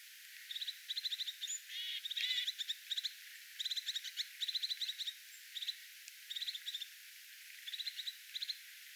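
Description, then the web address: Crested tit giving buzzy, rolling trills in many short bursts, with a few high thin notes between them. Attention or alert calling, 6 January 2025. "paivat 6 1 2025 toyhtotiaisen ilm huomioaantelya"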